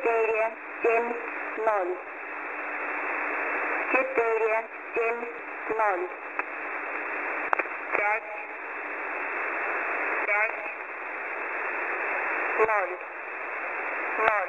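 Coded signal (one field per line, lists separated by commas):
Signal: numbers station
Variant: S06s, Russian-language digits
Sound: voice reading Russian digits one by one, ending in five zeros, over steady hiss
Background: radio static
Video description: 0 0 0 0 0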